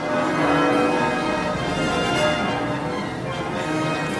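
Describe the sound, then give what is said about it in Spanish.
Many bells peal together in celebration, a dense, continuous wash of overlapping metallic tones, loud and steady throughout, with no voices. “Cuando el reino se enteró de que por fin se había encontrado a la doncella misteriosa, todas las campanas se lanzaron al vuelo en señal de alegría.”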